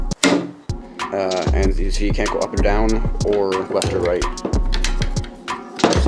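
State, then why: Seated. On a homemade crossbow, a bolt is pressed into the redesigned holder, whose curled edges act as stops, and it snaps into place with a sharp snap at 0.2 seconds. A few softer knocks follow, and then someone talks while light taps and clicks sound in the background.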